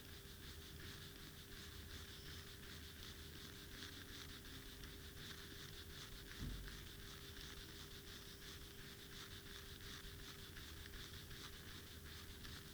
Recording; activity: daily activity, guitar pickup as the sensor; brush teeth